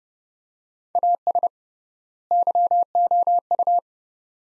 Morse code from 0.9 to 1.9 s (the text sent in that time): AS